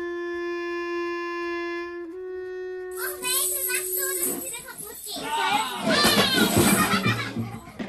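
After a few seconds of a steady droning tone, children burst into loud, overlapping shouts and high-pitched shrieks, a chaotic burst of play that grows louder toward the end.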